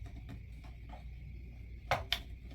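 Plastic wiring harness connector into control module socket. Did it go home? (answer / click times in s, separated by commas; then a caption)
yes / 1.9 s, 2.1 s. A plastic wiring harness connector, held with its clip facing up, is pushed into a control module socket over a low steady hum with a few faint ticks. Two sharp clicks sound at 1.9 s and 2.1 s as the connector seats home.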